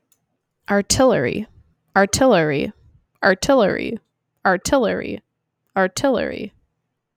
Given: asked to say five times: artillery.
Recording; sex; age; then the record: repeated word; female; 20 to 29 years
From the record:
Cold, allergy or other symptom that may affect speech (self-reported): no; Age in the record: 27 years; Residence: Florida, United States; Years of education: 19